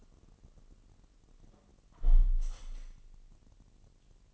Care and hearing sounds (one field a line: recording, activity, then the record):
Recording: daily activity, microphone in the room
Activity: close window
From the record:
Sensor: 4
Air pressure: 1000.9 hPa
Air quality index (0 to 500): 242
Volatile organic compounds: 40 ppm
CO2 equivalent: 3150 ppm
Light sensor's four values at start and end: 9/21/8/8 and 9/20/8/7